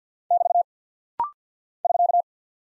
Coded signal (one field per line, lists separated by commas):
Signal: Morse code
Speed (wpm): 50 wpm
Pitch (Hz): 700 Hz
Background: none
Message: <BT> <SK>